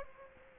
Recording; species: mosquito wingbeat signal from an infrared sensor; Anopheles gambiae